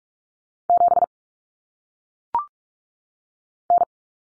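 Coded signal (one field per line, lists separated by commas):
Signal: Morse code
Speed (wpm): 46 wpm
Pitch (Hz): 700 Hz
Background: none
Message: 7 N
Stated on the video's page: Head-copy drill of common single-digit cut numbers at 45 wpm, with T, A, N for 0, 1, 9, each sent in Morse, spoken, then sent again.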